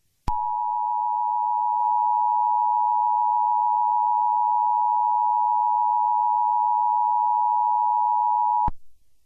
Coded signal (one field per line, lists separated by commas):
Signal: Emergency Alert System (SAME) tones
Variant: 853 and 960 Hz attention tone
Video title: EAS Short: Ghostface (READ DESC)